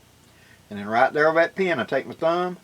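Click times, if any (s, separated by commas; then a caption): none. A wooden grip panel is lined up front to back on a revolver grip frame and held with the thumb over the alignment pin while someone talks. Nothing has seated or clicked yet, and the panel has not popped into position.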